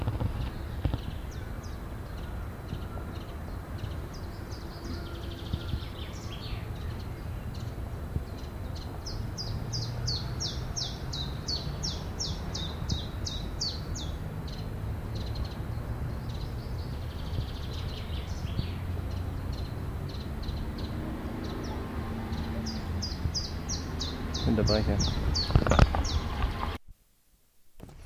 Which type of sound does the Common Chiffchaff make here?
song